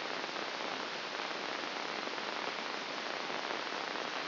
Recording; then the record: brain microelectrode recording played as sound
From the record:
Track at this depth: inside the subthalamic nucleus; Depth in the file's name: 2.704 mm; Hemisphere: left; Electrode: 2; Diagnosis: Parkinson's disease